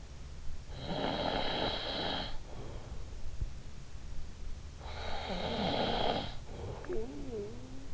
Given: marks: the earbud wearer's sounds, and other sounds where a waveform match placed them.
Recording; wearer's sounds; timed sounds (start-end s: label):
sounds in sleep by an in-ear microphone; snoring breath
0.56-3.51 s: snoring breath
4.62-7.93 s: snoring breath